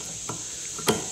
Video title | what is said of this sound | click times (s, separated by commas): General Inspection + Wiper Blades | up and snap into place | 0.9 s